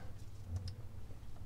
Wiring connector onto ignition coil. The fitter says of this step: a little bit of a click sound when done properly